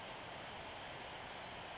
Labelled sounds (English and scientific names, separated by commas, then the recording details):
Brown Creeper (Certhia americana)
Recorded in Sonoma County, California